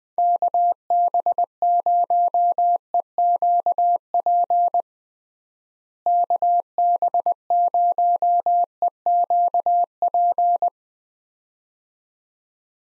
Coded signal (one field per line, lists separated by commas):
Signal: Morse code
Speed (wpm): 20 wpm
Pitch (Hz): 700 Hz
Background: none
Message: KB0EQP KB0EQP